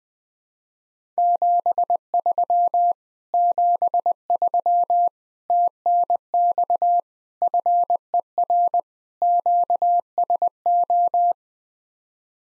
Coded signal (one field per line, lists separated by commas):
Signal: Morse code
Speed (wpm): 21 wpm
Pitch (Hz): 700 Hz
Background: none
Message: 73 73 TNX FER QSO